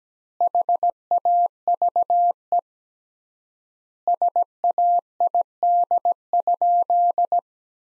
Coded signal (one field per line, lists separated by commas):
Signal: Morse code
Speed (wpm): 17 wpm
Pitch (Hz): 700 Hz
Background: none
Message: HAVE SAID?